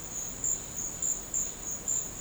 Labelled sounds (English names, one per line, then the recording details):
none
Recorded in dense forest near Puerto Asís, Putumayo, Colombia, on 12 March 2025 at 14:30
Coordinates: 0.500, -76.322
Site GP06